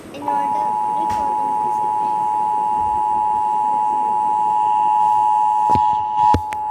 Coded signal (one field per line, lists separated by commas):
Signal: Emergency Alert System (SAME) tones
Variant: 853 and 960 Hz attention tone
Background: speech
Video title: Rating Eas Alarm